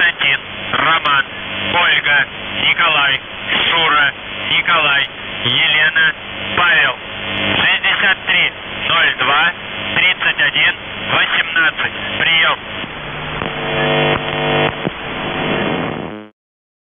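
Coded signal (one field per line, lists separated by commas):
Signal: numbers station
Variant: UVB-76, Russian voice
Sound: a male voice reading a message over a narrow radio channel, then a steadier tone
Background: radio static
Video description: "The Buzzer" is a Russian military radiostation that broadcasts on 4625 kHz.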